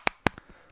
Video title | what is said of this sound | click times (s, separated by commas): My Self-Defense System - Tucker Max Experiences | right and so you can just you can hear it click here you just slide in | 0.1 s, 0.3 s